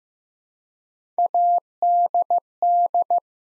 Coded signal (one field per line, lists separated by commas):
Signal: Morse code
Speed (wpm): 15 wpm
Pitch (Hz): 700 Hz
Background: none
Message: ADD